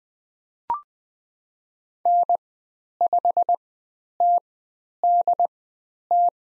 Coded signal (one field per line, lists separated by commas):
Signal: Morse code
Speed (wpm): 20 wpm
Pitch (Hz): 700 Hz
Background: none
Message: N5TDT